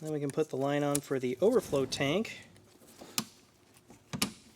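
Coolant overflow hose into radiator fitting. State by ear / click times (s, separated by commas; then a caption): seated / 4.2 s. On a 2004–2008 Ford F-150 with the 5.4L 3V engine, the coolant overflow tank line is pushed onto its fitting on the new radiator after someone talks. A few faint knocks follow, then a sharp snap at 4.2 s as the hose connector seats.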